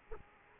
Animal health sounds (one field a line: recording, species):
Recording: mosquito wingbeat signal from an infrared sensor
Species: Aedes aegypti